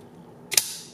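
A battery tray is pushed into the slide interface of a Cannonball 800 drone frame for the third time. After a quiet lead-in, it gives one sharp, bright snap at 0.6 s, and the tray seats. A short ring trails off afterward.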